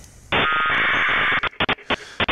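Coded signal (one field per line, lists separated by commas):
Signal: packet radio (AX.25, as in APRS)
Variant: 1200 baud AFSK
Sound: one-second harsh warbling data burst, then several short bursts of hiss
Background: radio static, squelch bursts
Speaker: that once we get some more traffic here now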